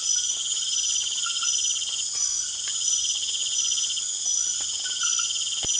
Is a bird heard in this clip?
no